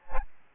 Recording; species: mosquito wingbeat signal from an infrared sensor; Aedes albopictus